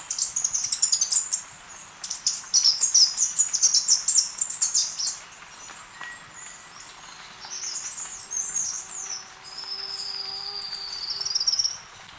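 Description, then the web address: Three-striped warbler giving high, jumbled twittering phrases in quick bursts, followed by softer high notes. Recorded in Ecuador. "Birds of Ecuador. Three-striped Warbler"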